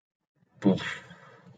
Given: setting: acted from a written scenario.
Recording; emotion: vocal sound without words; disappointment